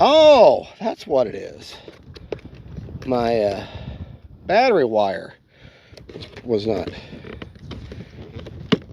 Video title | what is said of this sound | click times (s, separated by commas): KAVAN BRISTELL B-23 I BLEW THE HATCH! #aviation #airplane #rc | oh see hear that click | 8.7 s